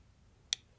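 On a second slow-cock test of a Smith & Wesson revolver, with a thumb resting on the cylinder for a little drag, the cylinder stop clicks home into the steel cylinder notch in a single sharp, bright click at 0.5 s over a faint low hum. The cylinder locks up on cocking as it should.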